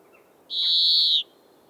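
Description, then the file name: European greenfinch giving a single drawn-out wheezing note, steady and slightly buzzy, lasting under a second against quiet background. "Chloris chloris"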